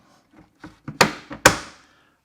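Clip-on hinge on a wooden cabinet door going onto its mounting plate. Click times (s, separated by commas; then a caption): 1.0 s, 1.5 s. The clip-on hinges of a wooden cabinet door are lined up with their mounting plates in the face frame and pushed on, with a few soft knocks before two sharp, loud clicks at 1.0 s and 1.5 s. Both hinges snap into place and the door is seated.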